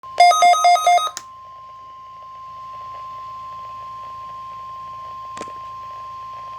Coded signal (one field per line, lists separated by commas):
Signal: Emergency Alert System (SAME) tones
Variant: 1050 Hz attention tone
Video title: Weekly required test eas 1#